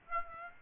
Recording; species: mosquito wingbeat signal from an infrared sensor; Aedes aegypti